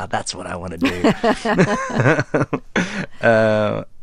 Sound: laughter

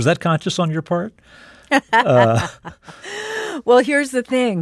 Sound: laughter

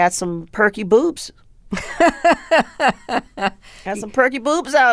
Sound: laughter

